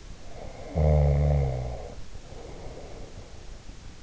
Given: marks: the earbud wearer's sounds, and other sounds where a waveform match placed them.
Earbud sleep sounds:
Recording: sounds in sleep by an in-ear microphone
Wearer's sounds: snoring breath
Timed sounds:
0.28-3.31 s: snoring breath

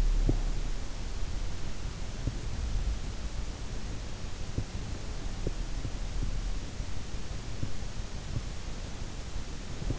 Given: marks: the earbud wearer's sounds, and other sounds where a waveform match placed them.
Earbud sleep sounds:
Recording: sounds in sleep by an in-ear microphone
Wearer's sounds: breath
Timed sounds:
0.00-0.55 s: breath

